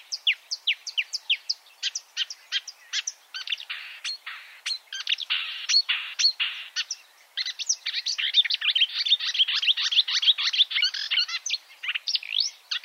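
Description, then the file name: Marsh warbler song, a fast run of sharp high chirps and clicks with a short buzzy stretch in the middle, varied and chattering throughout. "suara-kicauan-burung-marsh-warbler -omkicau"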